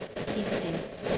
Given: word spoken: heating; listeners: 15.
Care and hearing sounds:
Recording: one English word in noise, from a listening test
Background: noise modulated by three-talker babble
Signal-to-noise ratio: -4.0 dB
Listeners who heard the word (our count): 3 of 15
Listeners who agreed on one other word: 8 of 15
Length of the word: 0.78 s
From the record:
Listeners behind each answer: 8, 3, 1, 1, 1, 1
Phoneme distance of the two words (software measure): 7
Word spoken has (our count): 2 syllables, 5 phonemes, stress on syllable 1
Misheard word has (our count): 2 syllables, 4 phonemes, stress on syllable 1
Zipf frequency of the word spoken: 4.27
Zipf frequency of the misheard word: 4.82

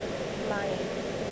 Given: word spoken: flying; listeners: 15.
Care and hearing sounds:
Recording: one English word in noise, from a listening test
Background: speech-shaped noise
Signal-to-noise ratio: -5.1 dB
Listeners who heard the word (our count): 1 of 15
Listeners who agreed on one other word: 6 of 15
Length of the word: 0.91 s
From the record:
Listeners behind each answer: 6, 3, 2, 1, 1, 1, 1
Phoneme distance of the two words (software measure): 7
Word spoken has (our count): 2 syllables, 5 phonemes, stress on syllable 1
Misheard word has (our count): 2 syllables, 4 phonemes, stress on syllable 1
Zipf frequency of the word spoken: 4.82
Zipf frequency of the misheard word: 4.66

